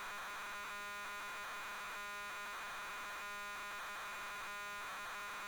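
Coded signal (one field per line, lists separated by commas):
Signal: ZX Spectrum tape loading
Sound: harsh buzzing data screech alternating between a steady harmonic tone and raspy warble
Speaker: I've chosen the other one. This is the re-release on the Hit Squad thing.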